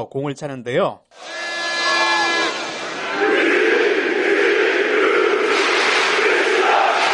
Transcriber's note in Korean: 녹취: 축구장 현장음